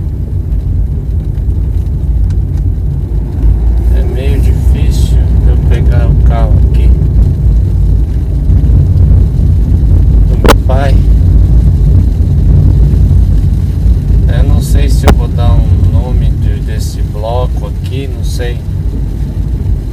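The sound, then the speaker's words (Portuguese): A steady, loud low rumble of a car's engine and road noise fills the cabin without a break, while a man's voice speaks in short bursts over it. “Estou aqui meio no carro aqui.”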